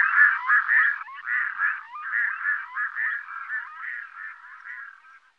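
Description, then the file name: Red-throated loon, a fast run of harsh nasal quacking notes continuing for about five seconds and fading toward the end. "Smalom"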